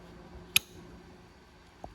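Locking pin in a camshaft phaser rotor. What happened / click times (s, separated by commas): The spring-loaded locking pin snapped into its hole / 0.6 s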